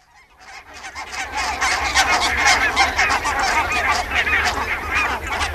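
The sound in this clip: Barnacle goose flock calling, a dense chorus of short yapping honks overlapping continuously after a quiet start, many birds at once.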